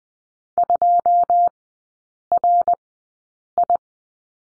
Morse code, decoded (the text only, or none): 2RI